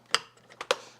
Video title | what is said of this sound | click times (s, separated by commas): Hoover Powerdash FH41000 Repair How To | all very simple how how that gets put together and this just kind of clicks into place | 0.1 s, 0.7 s